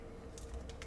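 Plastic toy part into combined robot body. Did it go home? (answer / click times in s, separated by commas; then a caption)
yes / 0.4 s, 0.7 s, 0.8 s. A plastic piece of a transforming robot toy is pressed fully into its slot on the combined robot body during the combination. Short clicks come at 0.4, 0.7 and 0.8 seconds over a steady low hum, and the part locks in, seated.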